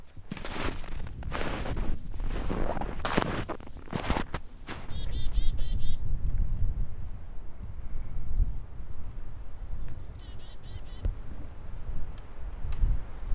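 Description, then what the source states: Chickadee calls, a few short buzzy high notes after loud handling thumps and rustling in the first five seconds, then a couple of thin chips over steady low rumble. About four chickadees sitting in a berry tree right above the recordist, heard outdoors in cold weather.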